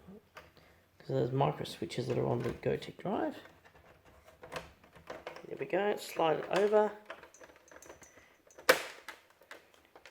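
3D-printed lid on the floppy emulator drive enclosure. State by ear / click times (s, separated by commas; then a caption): seated / 8.7 s. A 3D-printed plastic lid is slid over the micro switches of a Gotek floppy emulator drive for an Amiga 500 and pressed onto the drive enclosure while someone talks, with small plastic taps and scrapes. A sharp snap at 8.7 s marks the lid seating into place, followed by a few light ticks.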